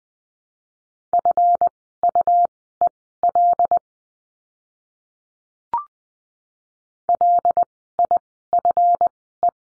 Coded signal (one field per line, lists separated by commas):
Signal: Morse code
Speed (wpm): 20 wpm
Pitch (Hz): 700 Hz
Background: none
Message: FUEL LIFE